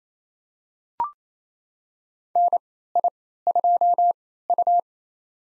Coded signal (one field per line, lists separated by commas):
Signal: Morse code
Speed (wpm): 27 wpm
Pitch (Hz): 700 Hz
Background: none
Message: NI2U